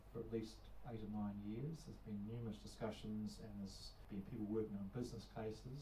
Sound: none